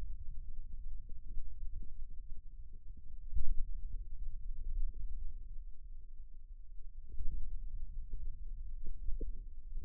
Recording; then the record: forearm muscle sounds (acoustic myography)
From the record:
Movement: finger pinch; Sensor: system 2, bracelet of six BSWA MPA416 microphones around the upper forearm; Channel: 1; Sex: male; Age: 22 years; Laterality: right